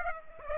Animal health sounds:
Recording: mosquito wingbeat signal from an infrared sensor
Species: Aedes aegypti

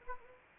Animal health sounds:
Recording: mosquito wingbeat signal from an infrared sensor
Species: Anopheles arabiensis

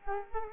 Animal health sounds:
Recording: mosquito wingbeat signal from an infrared sensor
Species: Culex quinquefasciatus

